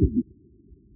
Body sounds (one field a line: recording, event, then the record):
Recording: neck accelerometer signal played as sound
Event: voluntary cough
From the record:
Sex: male